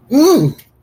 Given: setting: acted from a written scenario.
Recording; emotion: vocal sound without words; triumph